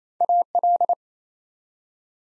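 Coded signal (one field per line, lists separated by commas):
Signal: Morse code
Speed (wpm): 27 wpm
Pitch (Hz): 700 Hz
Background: none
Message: AL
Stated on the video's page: Morse practice at 28 wpm building 3-letter words one letter at a time for instant character recognition.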